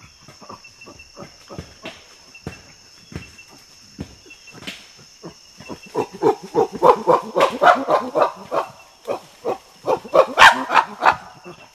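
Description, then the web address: Common chimpanzee giving short breathy calls repeated several times a second, soft at first and building into louder, more excited calls in the second half. "common chimpanzee"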